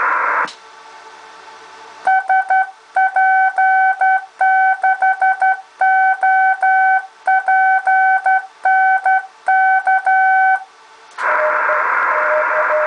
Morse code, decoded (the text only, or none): SP6OPNK